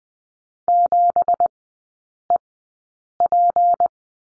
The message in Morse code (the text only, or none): 7EP